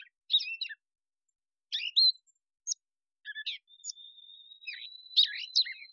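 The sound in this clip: Catbird giving scattered scratchy and squeaky notes, then a thin level tone persisting under the final chirpy phrases.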